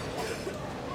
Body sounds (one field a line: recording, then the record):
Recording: coughing mixed with background sound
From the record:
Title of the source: 61 morning phlegmy cough...again